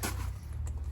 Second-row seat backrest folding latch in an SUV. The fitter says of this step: you'll click into place here and then you're just going to move it forward